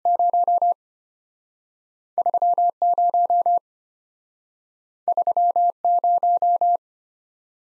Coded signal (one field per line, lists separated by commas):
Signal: Morse code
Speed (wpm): 34 wpm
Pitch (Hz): 700 Hz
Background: none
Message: 03 03 0